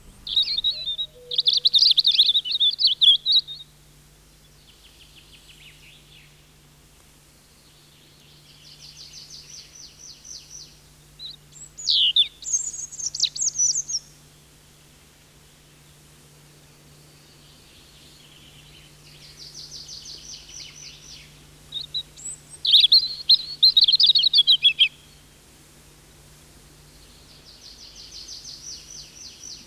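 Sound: european robin song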